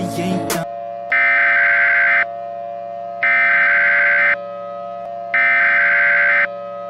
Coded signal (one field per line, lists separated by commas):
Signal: Emergency Alert System (SAME) tones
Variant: header bursts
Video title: *VALID TONES* Hurricane of Snow (EAS Scenario)